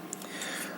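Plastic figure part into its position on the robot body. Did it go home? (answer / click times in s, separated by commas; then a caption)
yes / 0.1 s. A plastic part of a transforming robot toy figure is worked past an obstruction and brought up into its position on the robot body during transformation. A short, sharp click at 0.1 s marks it snapping into place, followed by quieter rustling and handling noise. The part is seated.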